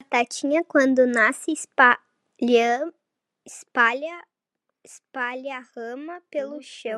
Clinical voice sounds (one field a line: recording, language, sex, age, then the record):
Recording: short text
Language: Brazilian Portuguese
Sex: female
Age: 40 to 49 years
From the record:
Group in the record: control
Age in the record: 43 years